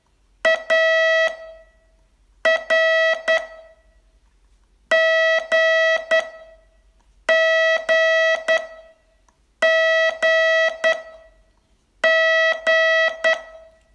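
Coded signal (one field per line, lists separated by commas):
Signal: Morse code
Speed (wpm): 9 wpm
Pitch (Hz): 650 Hz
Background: none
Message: A R G G G G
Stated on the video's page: Morse training lesson, day 23 of a 42-day course.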